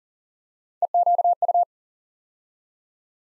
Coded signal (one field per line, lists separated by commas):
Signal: Morse code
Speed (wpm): 39 wpm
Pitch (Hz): 700 Hz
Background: none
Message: EQU